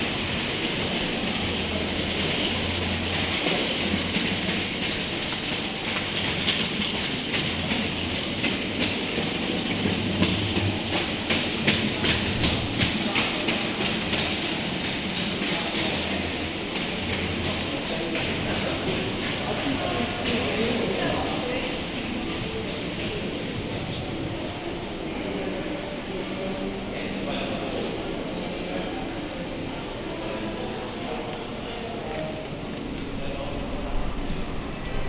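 Morning shoppers fill a shopping centre with a dense, steady wash of bustle. From about six to twenty seconds a rapid rattling clatter, like trolley wheels over paving, runs over a low intermittent hum, then the scene settles into an even murmur.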